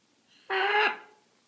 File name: krasnyi ara ara macao rucnye ptency iz pitomnika